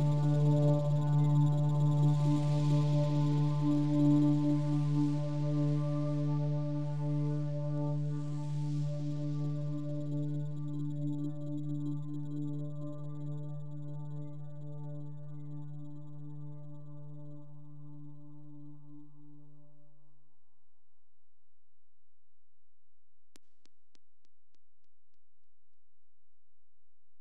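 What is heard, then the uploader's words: Spacecraft leaving a planet: a steady low humming drone with airy hiss early on, slowly fading out by twenty seconds into near silence. The sound of leaving a planet and meeting an orbiting GSV.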